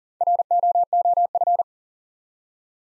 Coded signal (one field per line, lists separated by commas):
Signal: Morse code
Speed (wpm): 39 wpm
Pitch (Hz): 700 Hz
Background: none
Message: ROOF